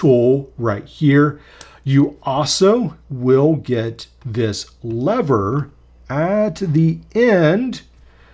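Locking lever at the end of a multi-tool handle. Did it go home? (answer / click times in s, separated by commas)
no / none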